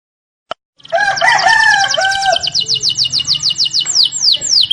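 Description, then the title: Canary song after a sharp click: rapid high trilled notes over lower notes, then repeated down-sweeping whistles. Used as a lure to get lazy, silent canaries singing constantly. "mster Mnuk. PANCINGAN KENARI"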